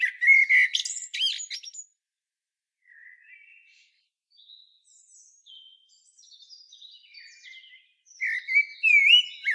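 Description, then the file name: Common blackbird song, fluting whistled phrases ending in squeaky high twitters, separated by a quiet pause with faint notes. "Turdus merula"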